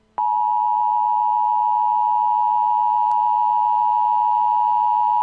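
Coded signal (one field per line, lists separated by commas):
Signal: Emergency Alert System (SAME) tones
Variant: 853 and 960 Hz attention tone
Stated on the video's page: Fictional nuclear missile EAS scenario presented as a tornado warning, simulated alert.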